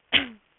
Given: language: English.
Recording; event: throat vibration sensor signal played as sound; cough